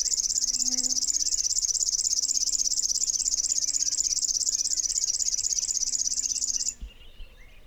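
River warbler giving a sustained high, insect-like pulsing buzz that stops abruptly near the end, with a low hum and faint bird calls underneath.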